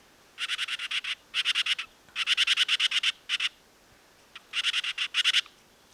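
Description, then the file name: Great tit call: several short bursts of quick, dry, buzzy chatter, each run of notes broken by brief gaps. "Parus major"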